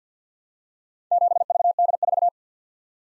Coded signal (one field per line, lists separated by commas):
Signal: Morse code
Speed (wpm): 51 wpm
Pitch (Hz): 700 Hz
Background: none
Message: 7VD4